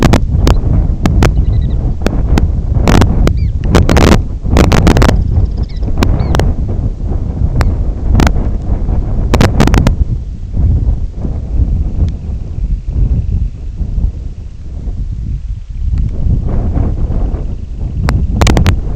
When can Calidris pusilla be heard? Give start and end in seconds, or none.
11.15-14.66, 15.12-18.89